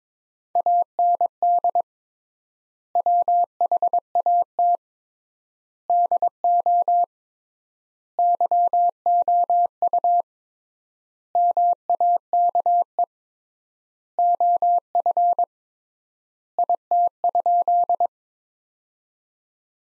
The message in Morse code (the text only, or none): AND WHAT DO YOU MAKE OF IT?